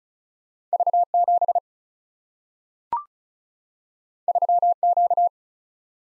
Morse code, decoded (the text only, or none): V7 3Q